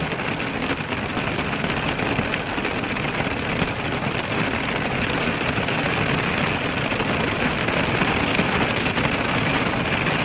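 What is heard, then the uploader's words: Rain falls in a steady, dense hiss that holds an even level for the whole stretch, with no pauses or swells. Fine drop patter fills the bright top, while a low rumble underneath gives it a faint road-like undertone. Serene Rain Sounds.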